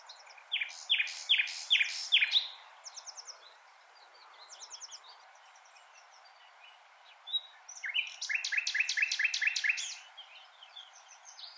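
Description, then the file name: Common nightingale song: loud bursts of repeated sharp notes, a quiet pause, then another rapid series of strong repeated notes. "Luscinia megarhynchos"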